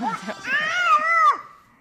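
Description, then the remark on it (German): A shepherdess's small son, carried on her back among ewes and their lambs, imitates a sheep's bleat: a brief warbling "baa" with a wavering, quavering pitch, sustained for about a second, with a few soft vocal sounds before it. “Wenn er Schafe sieht, immer erstmal Geräusche machen.”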